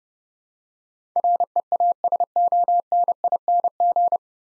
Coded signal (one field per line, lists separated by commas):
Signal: Morse code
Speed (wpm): 32 wpm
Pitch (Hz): 700 Hz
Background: none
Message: REASONING